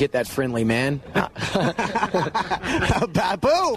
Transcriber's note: both Vanilla and Nardwuar laugh